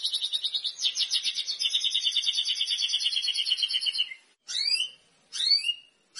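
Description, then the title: White-rumped shama song: long rapid pulsed trill lasting about four seconds, followed by a few sharp sweeping whistled notes. Lure song of a lively singing bird, meant to make birds respond on first hearing. "PANCINGAN MURAI BATU GACOR, SEKALI DENGAR LANGSUNG RESPON"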